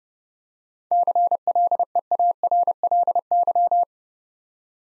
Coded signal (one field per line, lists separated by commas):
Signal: Morse code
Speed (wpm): 30 wpm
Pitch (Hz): 700 Hz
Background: none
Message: CLEARLY